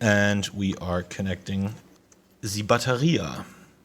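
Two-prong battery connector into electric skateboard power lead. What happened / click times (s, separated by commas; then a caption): The connector is being handled but has not clicked home yet / none. A two-prong battery connector is being pushed toward the power lead of an Enertion Raptor 2.1 electric skateboard, the board that was not powering up, while someone talks throughout. Nothing has seated or clicked yet; the clip ends just before the connector goes home.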